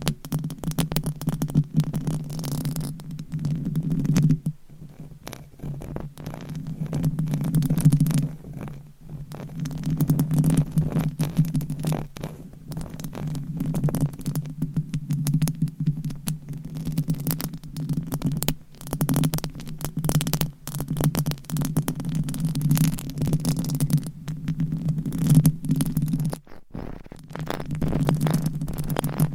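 Scratching on a microphone for ASMR: a dense, continuous scrape made of rapid crackles and ticks, over a low, steady rumbling drone. The scratching breaks off for brief pauses around 4, 9, 18 and 26 seconds, then resumes at the same even intensity.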